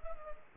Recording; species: mosquito wingbeat signal from an infrared sensor; Culex pipiens